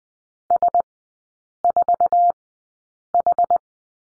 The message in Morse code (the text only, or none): S4H